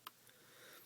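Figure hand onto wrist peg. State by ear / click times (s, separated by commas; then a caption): seated / 0.1 s. A plastic action figure hand is lined up with its wrist peg and pushed on. A short, sharp click at 0.1 s marks the hand seating onto the peg, followed by a fainter tick around 0.3 s and quiet background hiss. The hand ends up locked in place.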